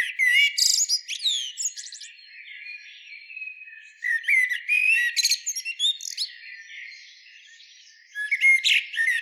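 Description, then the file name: Eurasian blackbird song: repeated loud bursts of high, squeaky twittering and short whistles, broken by quieter warbling stretches between the phrases. "Turdus merula"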